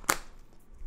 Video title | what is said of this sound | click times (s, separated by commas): Nexus 6 Cases Review : Spigen Slim, Ultra Hybrid and Bear Motion. | there you go snap shot in | 0.1 s